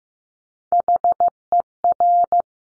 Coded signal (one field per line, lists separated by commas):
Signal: Morse code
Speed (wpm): 15 wpm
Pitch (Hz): 700 Hz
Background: none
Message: HER